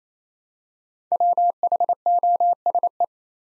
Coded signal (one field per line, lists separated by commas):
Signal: Morse code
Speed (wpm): 27 wpm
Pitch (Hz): 700 Hz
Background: none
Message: WHOSE